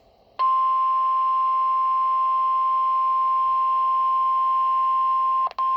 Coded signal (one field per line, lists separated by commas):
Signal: Emergency Alert System (SAME) tones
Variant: 1050 Hz attention tone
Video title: Severe Thunderstorm Watch (EAS #22)